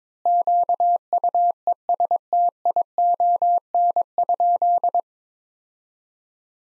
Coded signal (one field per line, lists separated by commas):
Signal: Morse code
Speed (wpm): 22 wpm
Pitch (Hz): 700 Hz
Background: none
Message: QUESTION?